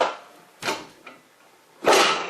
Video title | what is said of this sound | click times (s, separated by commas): How-To Change Ducati Diavel Tires | that will let you rotate to the bead breaker position locks into place so | 0.0 s